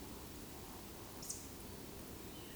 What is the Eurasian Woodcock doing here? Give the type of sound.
whistle